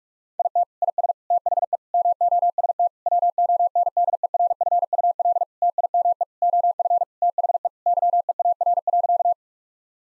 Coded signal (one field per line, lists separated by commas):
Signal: Morse code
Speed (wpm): 41 wpm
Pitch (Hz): 700 Hz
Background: none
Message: IT IS THE MOST WONDERFUL TIME OF THE YEAR.